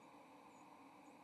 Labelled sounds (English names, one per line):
White-throated Sparrow flight call